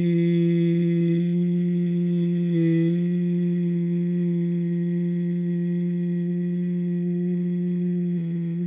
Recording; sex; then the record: sustained vowel /i/; male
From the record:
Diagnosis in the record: Parkinson's disease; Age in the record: 71 years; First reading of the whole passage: 62 s, 8.3 characters per second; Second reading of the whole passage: 53 s, 9.9 characters per second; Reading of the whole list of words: 66 s, 4.2 characters per second